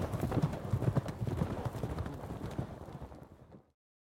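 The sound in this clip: Horse galloping: quick, uneven thudding hoofbeats, several a second, fading away and stopping near the end.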